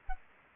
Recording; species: mosquito wingbeat signal from an infrared sensor; Anopheles arabiensis